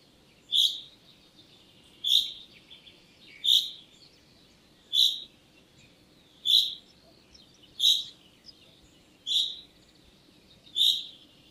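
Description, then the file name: Common chaffinch calling with single bright, clipped notes repeated steadily every one and a half seconds over a quiet background hiss. "Fringilla coelebs"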